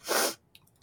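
A single forceful, hissing sneeze from an adult man, lasting about a third of a second, rises sharply and then falls off into near silence with faint mouth noises. It is an allergic sneeze, a reflex burst that clears irritants from the nose, set off by allergy to cat hair and dander after his cat rode home on his lap.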